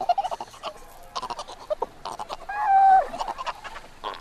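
Antarctic fur seal calls: short choppy grunts and barks, then a clear steady tonal whine, followed by more brief calls.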